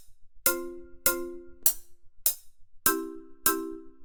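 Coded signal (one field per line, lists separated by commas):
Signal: none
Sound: metronome clicks in music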